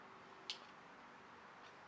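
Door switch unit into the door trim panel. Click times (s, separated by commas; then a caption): 0.5 s. A door switch unit from a 2003 Audi A4 B6 is pushed back by its tabs into the plastic door trim panel during a left front window regulator replacement. One short, sharp click sounds at 0.5 s against a quiet background, with a faint softer tick near 1.7 s. The unit clicks into place and is seated.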